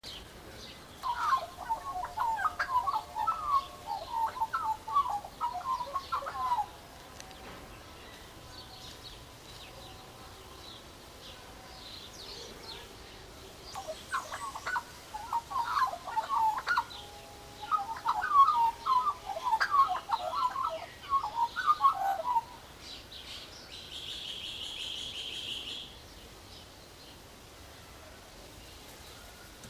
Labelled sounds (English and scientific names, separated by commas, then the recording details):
Australian Magpie (Gymnorhina tibicen) song
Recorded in captivity
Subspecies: hypoleuca
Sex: male
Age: adult
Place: Zoo Berlin, Berlin, DE
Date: 1997-10-18 12:17
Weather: sunny, 12-15°C
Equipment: Nagra SN, Kopie Uher 4000 Report Monitor
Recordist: Tembrock, Günter
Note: Weißrücken-Flötenvogel (G.t.hypoleuca): Gesang